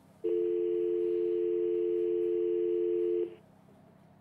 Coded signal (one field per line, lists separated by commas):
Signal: telephone call progress tone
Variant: North America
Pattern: dial tone